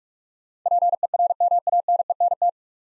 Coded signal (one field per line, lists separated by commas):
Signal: Morse code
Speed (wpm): 44 wpm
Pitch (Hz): 700 Hz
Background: none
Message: PERMANENT